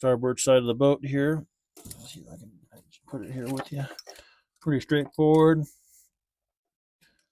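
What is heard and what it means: On a 2021 Yamaha AR 250 jetboat, the last harness connector of a Hydrophase Ride Steady system is being handled toward its module lead on the starboard side of the boat while someone talks, with quieter handling noise between the speech. Nothing has seated or clicked into place yet.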